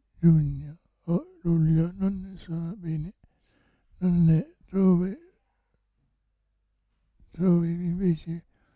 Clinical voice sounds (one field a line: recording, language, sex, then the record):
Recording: read passage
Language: Italian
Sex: male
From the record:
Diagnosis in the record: Parkinson's disease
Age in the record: 65 years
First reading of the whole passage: 164 s, 3.2 characters per second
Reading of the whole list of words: 151 s, 1.9 characters per second